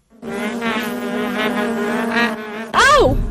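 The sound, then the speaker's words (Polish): A steady, droning insect buzz like a wasp or bee holds for over two seconds, then cuts off as a loud, sharp vocal cry with sweeping pitch bursts in. “W najgorszej sytuacji są najbardziej uczuleni, dla których użądlenie przez osę czy pszczołę może skończyć się bardzo źle.”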